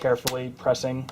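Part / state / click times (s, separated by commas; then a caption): plastic bezel clip into laptop lid / not seated / none. A plastic laptop screen bezel is lined up against the lid and pressed carefully around its edge so its plastic clips can snap in, while someone talks. The clip is mostly speech with no distinct clicks, and nothing has seated or clicked yet.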